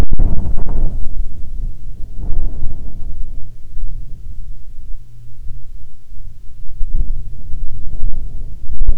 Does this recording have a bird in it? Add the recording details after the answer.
no. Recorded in the Prudhoe Bay oil fields, Alaska, on 7 August 2019 at 14:22. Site 17